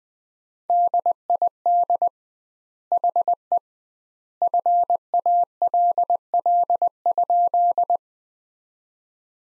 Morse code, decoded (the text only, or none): DID HE FALL?